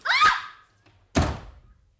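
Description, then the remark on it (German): Two loud gunshots about a second apart, each a sharp bang trailing off in a short decaying rumble; the first carries a brief ringing, whining edge. No one speaks. “Warum haben Sie bloß geschossen? Sie haben voll getroffen.”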